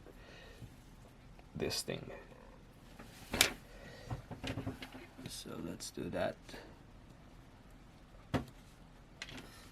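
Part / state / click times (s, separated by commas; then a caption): smartphone battery flex connector into board socket / not seated / none. Someone talks while pressing the new battery's flex connector onto the board socket of a Samsung A11 smartphone, with a few brief handling taps, the sharpest near 3.4 s and 8.4 s. The connector does not click, and nothing has seated or clicked yet.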